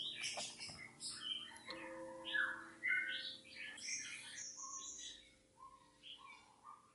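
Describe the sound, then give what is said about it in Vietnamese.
Several caged pet songbirds outside chirp and warble nonstop at midday, their high, quick notes overlapping in a busy, insistent chorus over a faint steady hum, with no one speaking. “Các bạn thông cảm nhé, đang đọc trưa cho nên là chim bên ngoài nó hót ghê quá, hơi ồn.”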